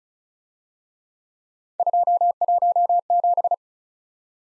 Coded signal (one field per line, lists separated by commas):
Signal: Morse code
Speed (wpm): 36 wpm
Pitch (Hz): 700 Hz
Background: none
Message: 217